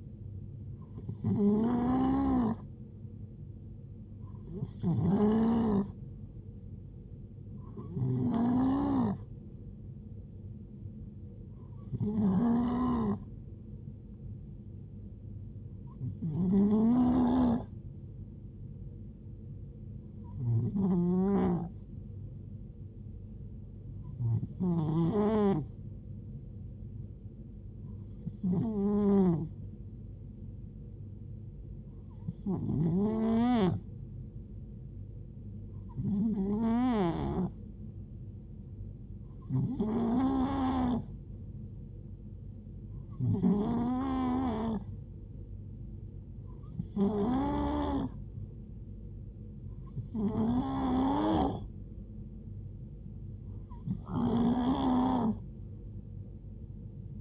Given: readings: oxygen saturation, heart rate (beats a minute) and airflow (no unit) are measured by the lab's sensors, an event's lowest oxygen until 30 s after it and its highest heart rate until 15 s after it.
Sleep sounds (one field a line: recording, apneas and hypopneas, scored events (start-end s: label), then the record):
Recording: breathing in sleep by a smartphone at the bedside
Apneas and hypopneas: none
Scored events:
none scored
From the record:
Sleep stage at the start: N2 (light sleep)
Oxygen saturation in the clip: 90 to 92%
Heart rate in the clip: 66 to 74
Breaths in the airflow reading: 15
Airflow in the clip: -5.3 to 4.2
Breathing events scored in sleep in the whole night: 389 in 6.3 hours asleep